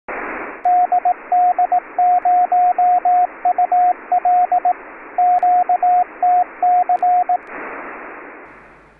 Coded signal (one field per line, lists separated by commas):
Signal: Morse code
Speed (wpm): 18 wpm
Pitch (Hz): 720 Hz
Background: radio noise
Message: DD0UL QTC